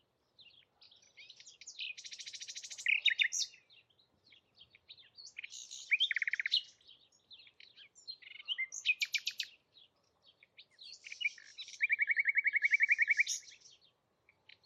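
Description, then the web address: Bird song, several loud phrases of fast buzzy trills and varied chirps, separated by short pauses. "Bird Only"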